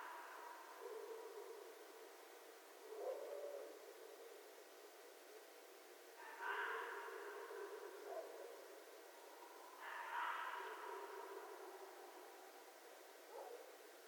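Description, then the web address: Red fox calling with low short yelps and two louder hoarse screams, spaced irregularly throughout. Recorded 11 January 2012. "sounds mammals Red Fox 2012 01 11 Red Fox long"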